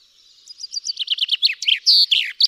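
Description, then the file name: Common chaffinch song: one cheerful phrase of accelerating, falling notes that ends in a loud, slurred terminal flourish. "Fringilla coelebs"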